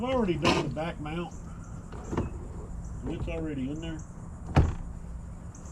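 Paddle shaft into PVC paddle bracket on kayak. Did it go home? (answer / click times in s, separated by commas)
yes / 4.6 s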